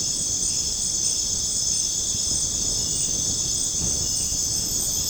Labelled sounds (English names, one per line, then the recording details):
none
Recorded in dense forest near Puerto Asís, Putumayo, Colombia, on 25 June 2025 at 23:30
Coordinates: 0.486, -76.317
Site G065